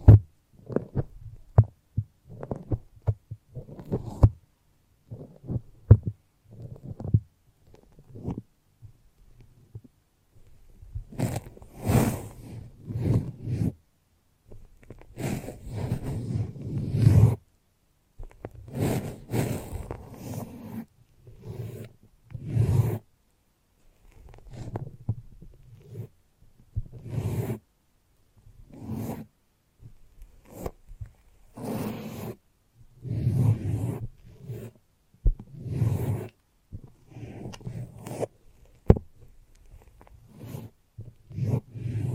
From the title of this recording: The Foamiest and Stickiest Brain Massage